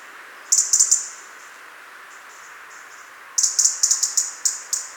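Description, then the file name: European robin ticking in rapid, loud runs of high clicking notes, a brief series first and a longer stuttering burst later, with quiet soft notes in the gap. "Erithacus rubecula"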